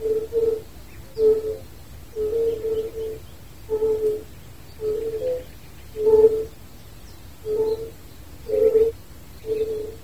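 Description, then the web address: Fire-bellied toad giving a series of several short, hollow, bell-like notes. "hiddenaudio wider unken"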